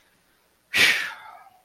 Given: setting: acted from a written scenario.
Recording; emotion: vocal sound without words; contempt